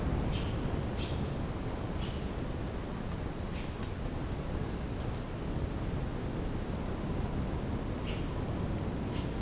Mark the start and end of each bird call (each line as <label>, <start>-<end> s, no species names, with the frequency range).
bird call (2.0-4.0 kHz), 0.26-1.17 s
bird call (1.5-3.5 kHz), 7.99-8.21 s
bird call (1.3-3.8 kHz), 9.07-9.31 s